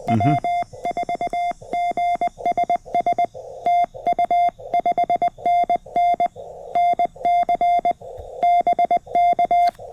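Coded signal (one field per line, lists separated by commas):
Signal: Morse code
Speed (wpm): 20 wpm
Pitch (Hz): 2100 Hz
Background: none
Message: W4GSS TU 5NN NC BK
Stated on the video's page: QRP CW on a Parks on the Air activation from a state park, using a CFT1 transceiver, paddle key and 40m end-fed half-wave antenna.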